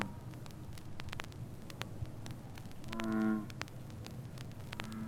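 Bullfrog giving one deep, droning harmonic croak around the third second over a faint background of other croaks, with scattered crackling clicks throughout.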